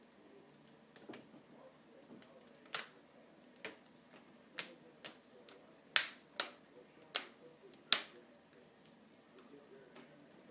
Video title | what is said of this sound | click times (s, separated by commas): Laptop screen replacement / How to replace laptop screen [Acer Aspire V5-552-8404] | and listening for those snap sounds | 2.7 s, 4.6 s, 6.0 s, 6.4 s, 7.2 s, 7.9 s